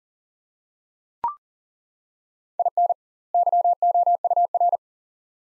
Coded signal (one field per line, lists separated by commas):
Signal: Morse code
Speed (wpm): 40 wpm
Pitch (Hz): 700 Hz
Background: none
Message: IN YOUR